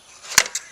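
A spring-loaded wooden sailboat rudder blade is pushed back and down into its sailing position on the rudder head, seating with a sharp knock at 0.4 s. Two smaller follow-up knocks come at about 0.5 and 0.6 s. The blade ends up down in the water, in place for sailing.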